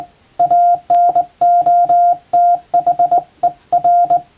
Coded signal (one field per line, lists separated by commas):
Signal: Morse code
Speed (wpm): 20 wpm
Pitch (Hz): 700 Hz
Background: none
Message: ANOTHER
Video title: プロの船舶通信士が使用した絶品の電鍵！憧れの日本無線ＪＲＣの電鍵ＫＹ－３Ａで欧文モールス電報を叩く！ morse practice using JRC straight key